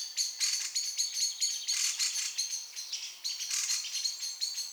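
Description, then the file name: Common blackbird calling rapidly, sharp bright notes in dense clusters. "Turdus merula"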